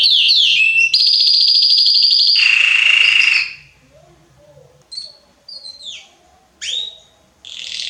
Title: Esquente Seu Filhote E Canario Belga Em 30 Minutos Macho Cantando Muito. Esquente seu canrio belga em 30 minutos - Canrio Belga estourado